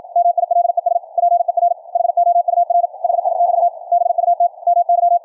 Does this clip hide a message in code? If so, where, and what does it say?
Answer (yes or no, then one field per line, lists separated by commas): yes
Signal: Morse code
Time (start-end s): 0.2-5.2 s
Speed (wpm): 52 wpm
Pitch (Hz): 700 Hz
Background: radio noise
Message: MILES PER HOUR HI <BT> BUT MY